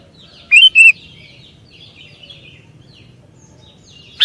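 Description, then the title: Sooty-headed bulbul utters one bright, slurred two-note phrase followed by a quieter stretch of faint background bird twitters and a final sharp note. "kutilang"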